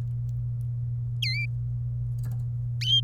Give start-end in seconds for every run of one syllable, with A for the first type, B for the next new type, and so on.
1.22-1.46 A